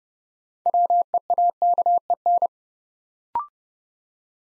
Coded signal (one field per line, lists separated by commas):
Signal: Morse code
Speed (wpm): 30 wpm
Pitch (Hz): 700 Hz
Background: none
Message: WEAKEN